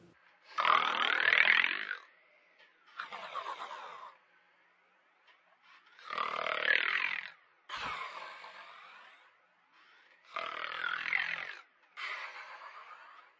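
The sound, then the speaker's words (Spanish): Loud snoring of a grandmother in bed: three slow cycles, each a harsh rasping inhale followed by a shorter breathy exhale, repeating every few seconds with brief silences between and no talking. “Mi abuela estaba roncando.”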